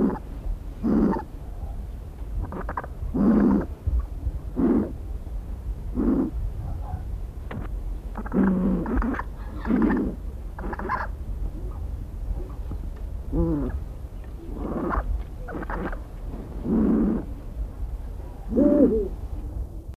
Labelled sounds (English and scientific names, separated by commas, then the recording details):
Spectacled Owl (Pulsatrix perspicillata) call
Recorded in captivity
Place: Vogelpark Bad Schwartau, Schleswig-Holstein, DE
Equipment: Halbspur, 9,5 cm/s
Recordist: Lütgens, Hans
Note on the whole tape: Etwas beunruhigt